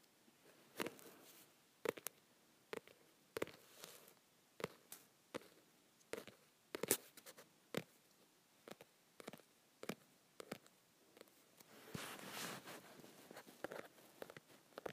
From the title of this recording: Tapping my Softcover Books